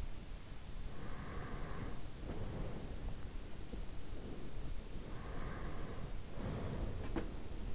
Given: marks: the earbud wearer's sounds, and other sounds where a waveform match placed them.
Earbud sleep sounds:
sounds in sleep by an in-ear microphone; breath
0.93-3.21 s: breath
4.97-7.75 s: breath

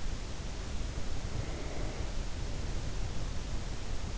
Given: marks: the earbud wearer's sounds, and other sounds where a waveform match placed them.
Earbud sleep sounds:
sounds in sleep by an in-ear microphone; breath
0.42-3.93 s: breath

